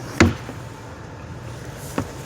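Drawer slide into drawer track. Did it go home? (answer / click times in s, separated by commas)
yes / 0.2 s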